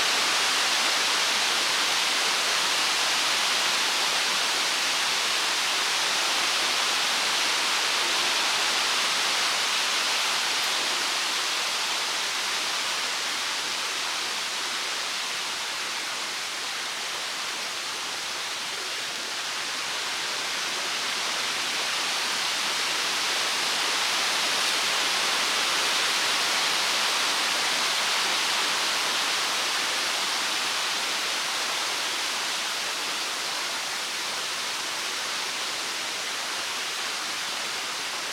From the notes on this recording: The wind rustles through the trees in the walking trails around Hobby Horse Farms, Annapolis Valley, Nova Scotia.